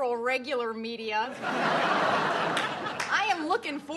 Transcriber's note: soundbite of audience laughter